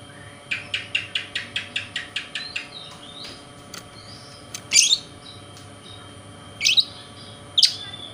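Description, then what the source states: Oriental magpie-robin giving a quick series of about ten evenly spaced clicking notes, followed by a few scattered loud buzzy chirps. Local name kacer; song described as konslet, said to provoke other magpie-robins.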